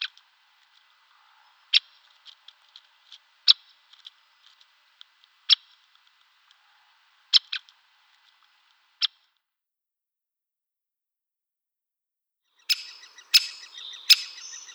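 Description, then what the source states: Great spotted woodpecker giving sharp, explosive single kik notes at irregular intervals, with faint ticking between them, followed near the end by a burst of busy, scratchy sound. Contact call.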